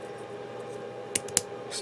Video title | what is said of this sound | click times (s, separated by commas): *GundamCustoms* RG Gundam Wing Zero EW Custom - Part 5 | this part here snaps into place like so | 1.2 s, 1.4 s